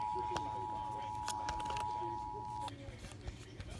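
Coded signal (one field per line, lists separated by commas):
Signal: Emergency Alert System (SAME) tones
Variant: 853 and 960 Hz attention tone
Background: speech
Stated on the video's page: Virginia CAE relayed on WETA.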